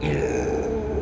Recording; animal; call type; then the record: contact call of a hoofed animal; pig; closed-mouth grunt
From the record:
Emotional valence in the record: negative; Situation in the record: short social isolation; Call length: 1.02 s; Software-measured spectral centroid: 1550 Hz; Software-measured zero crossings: 1070 a second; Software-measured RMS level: -24 dBFS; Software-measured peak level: -12 dBFS